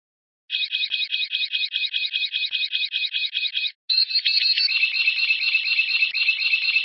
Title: Kicau Murai Batu